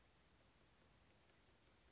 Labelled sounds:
Chestnut-backed Chickadee
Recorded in Sonoma County, California

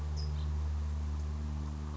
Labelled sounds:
California Towhee
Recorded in Sonoma County, California

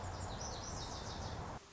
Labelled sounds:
Lazuli Bunting
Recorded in Sonoma County, California

